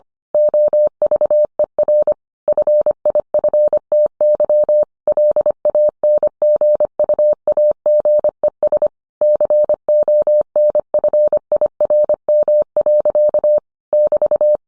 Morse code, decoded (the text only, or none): OVER FIFTY LANGUAGES CONFIRM. <BT>